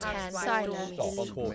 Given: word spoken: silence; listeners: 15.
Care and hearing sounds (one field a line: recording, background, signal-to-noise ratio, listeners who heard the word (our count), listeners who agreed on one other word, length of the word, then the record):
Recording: one English word in noise, from a listening test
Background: four-talker babble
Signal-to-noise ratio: -0.9 dB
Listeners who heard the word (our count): 2 of 15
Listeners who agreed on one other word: 7 of 15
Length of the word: 1.15 s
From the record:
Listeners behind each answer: 7, 2, 2, 1, 1, 1, 1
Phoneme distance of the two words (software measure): 24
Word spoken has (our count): 2 syllables, 6 phonemes, stress on syllable 1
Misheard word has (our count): 2 syllables, 4 phonemes, stress on syllable 1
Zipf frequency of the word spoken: 4.33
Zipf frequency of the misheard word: 3.93